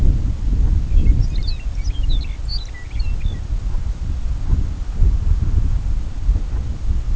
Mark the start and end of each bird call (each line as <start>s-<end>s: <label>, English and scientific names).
0.54s-0.79s: Brent Goose (Branta bernicla)
0.87s-3.43s: Lapland Longspur (Calcarius lapponicus)
3.60s-3.86s: Brent Goose (Branta bernicla)
4.40s-4.59s: Brent Goose (Branta bernicla)
6.27s-6.65s: Brent Goose (Branta bernicla)